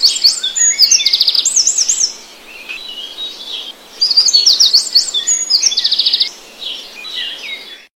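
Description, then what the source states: Birds singing in two bursts of rapid high trills and swooping whistled notes, separated by a short quieter pause with faint chirps. In grass, in the morning.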